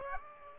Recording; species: mosquito wingbeat signal from an infrared sensor; Aedes aegypti